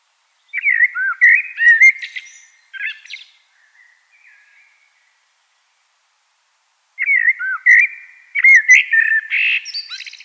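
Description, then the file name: Common blackbird song: a fluty warbled phrase with scratchy high twitters, a long silence, then another whistled phrase ending in a squeaky flourish. "Turdus merula"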